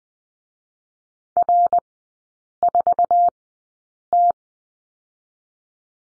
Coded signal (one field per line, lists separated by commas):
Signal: Morse code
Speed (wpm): 20 wpm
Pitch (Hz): 700 Hz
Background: none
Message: R 4 T